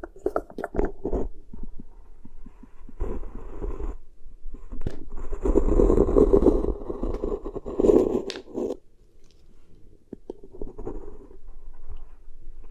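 Beeswax is pressed and worked in soft, squishy, crinkly bursts, with sticky tapping and rubbing sounds that come in uneven bunches. Activity is densest and fullest between about five and eight seconds, then thins to quieter, sparse handling with brief pauses near the end.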